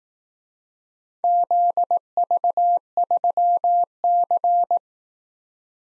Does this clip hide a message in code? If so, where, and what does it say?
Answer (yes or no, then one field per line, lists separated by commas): yes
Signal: Morse code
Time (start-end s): 1.2-4.8 s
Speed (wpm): 18 wpm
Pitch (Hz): 700 Hz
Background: none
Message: ZV3C